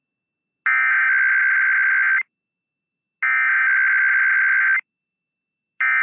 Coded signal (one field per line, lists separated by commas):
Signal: Emergency Alert System (SAME) tones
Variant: header bursts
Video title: President Day Tests and Stuff (EAS #24820-24823) 2/17/25